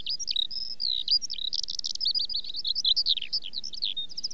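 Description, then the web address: Eurasian skylark song: a hurried, endless string of high twittering notes and buzzy trills, varied and unbroken throughout. "The BBC Sound Effects Library. Skylark"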